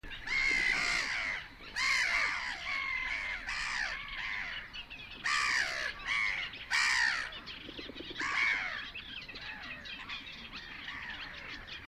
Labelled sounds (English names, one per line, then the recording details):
Black-headed Gull call
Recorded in the wild
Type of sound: call
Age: adult
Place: Warsow, Kummerower See, Mecklenburg-Vorpommern, DE
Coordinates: 53.8367, 12.8356
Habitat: wetland
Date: 2012-05-24 04:48
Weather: 8°C, sunny, weak winds from NE
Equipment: Sound Devices 702, Sennheiser MKH 70, Rycote Windschutz
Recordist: Frommolt, Karl-Heinz
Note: Polder Große Rosin bei Warsow: Rufe einer Lachmöwe